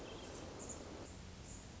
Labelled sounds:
Hermit Thrush
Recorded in Sonoma County, California

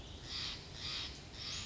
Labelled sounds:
Steller's Jay
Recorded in Sonoma County, California

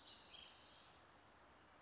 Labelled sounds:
Spotted Towhee
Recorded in Sonoma County, California

